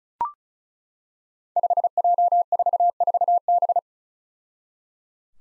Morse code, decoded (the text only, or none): 5J44B